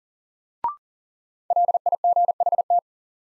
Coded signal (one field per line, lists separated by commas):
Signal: Morse code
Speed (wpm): 40 wpm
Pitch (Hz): 700 Hz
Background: none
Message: LIGHT